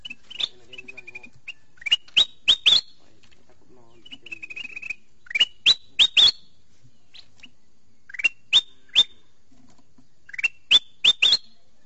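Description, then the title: Sooty-headed bulbul gives quick clusters of sharp rising whistled notes, three or four at a time, with softer chattering notes between groups. "Suara Burung Kutilang"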